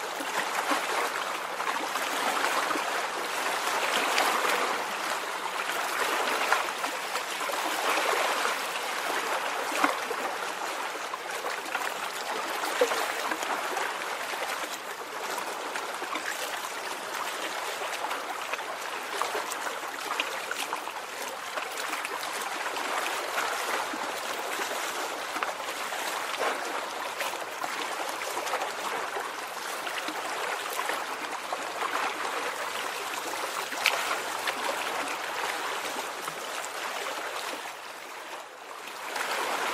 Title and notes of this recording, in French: Clapotis de rivière. Les bruits blancs des clapotis d'une rivière